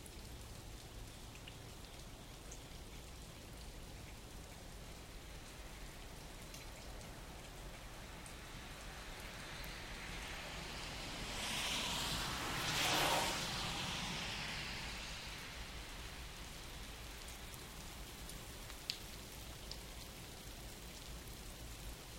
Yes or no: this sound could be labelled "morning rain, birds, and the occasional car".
yes